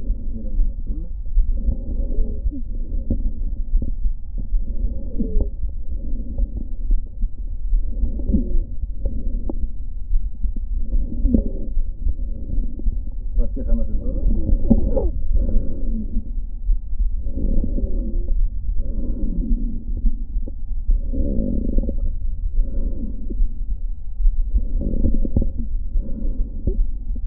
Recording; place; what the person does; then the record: lung sounds by stethoscope; right posterior apical chest; quiet breathing, then deep breathing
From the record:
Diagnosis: asthma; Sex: female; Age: 56 years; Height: 161 cm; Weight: 85 kg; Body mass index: 32.8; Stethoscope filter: diaphragm mode